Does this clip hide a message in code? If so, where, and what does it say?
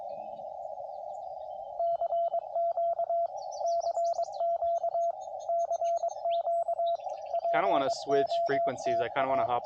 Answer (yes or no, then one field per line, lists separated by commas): yes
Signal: Morse code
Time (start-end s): 1.8-9.5 s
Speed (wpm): 22 wpm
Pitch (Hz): 680 Hz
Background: speech, radio noise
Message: CQ CQ CQ POTA